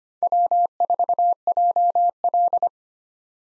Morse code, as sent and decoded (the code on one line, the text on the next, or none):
.-- ....- .--- .-..
W4JL